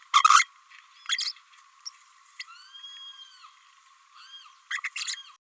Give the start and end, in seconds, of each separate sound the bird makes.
0.29-0.47, 1.18-1.32, 1.85-1.90, 2.39-2.43, 4.70-4.80